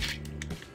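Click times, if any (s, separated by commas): 0.4 s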